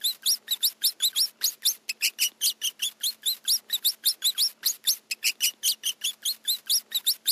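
Rat squeaking in a quick series of shrill chirps, many sliding upward in pitch, throughout.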